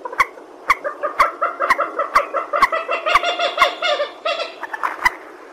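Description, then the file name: Purple swamphen giving a steady, quick series of nasal, clucking honks. "tieng trich re keu"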